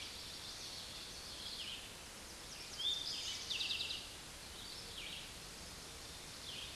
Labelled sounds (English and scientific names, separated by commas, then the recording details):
Eastern Towhee (Pipilo erythrophthalmus) song
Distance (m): 35 m
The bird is about 5 m above the microphone
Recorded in a Pennsylvania forest on 16 May 2024 at 06:10
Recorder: AudioMoth, point MSD-2287
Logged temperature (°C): 11.2 °C
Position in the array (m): 109 m, 6 m